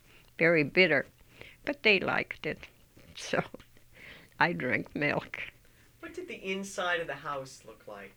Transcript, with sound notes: very bitter. But they liked it, so. ( she laughs ) I drink milk.
What did the inside of the house look like?